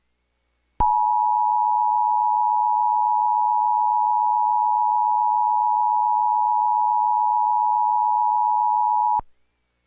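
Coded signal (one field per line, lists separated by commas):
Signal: Emergency Alert System (SAME) tones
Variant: 853 and 960 Hz attention tone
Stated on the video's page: Self-made recreation of a National Weather Service Special Marine Warning EAS alert.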